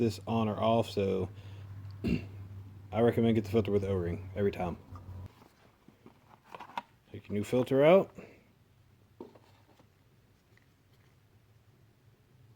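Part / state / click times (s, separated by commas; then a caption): oil filter element for filter housing cap / not seated / none. Someone talks while a new oil filter element for the filter housing cap of a 2012–2013 Buick Regal GS, Verano or Regal T with the 2.0T LHU engine is taken out of its packaging and handled before being pressed onto the housing cap. A cluster of short, faint handling ticks is heard around 6.1 to 6.8 seconds, with a few softer ones near 9.2 to 10.6 seconds. Nothing has seated or clicked yet.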